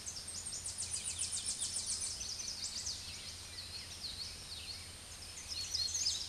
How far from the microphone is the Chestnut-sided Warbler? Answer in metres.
about 35 m